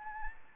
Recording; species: mosquito wingbeat signal from an infrared sensor; Anopheles arabiensis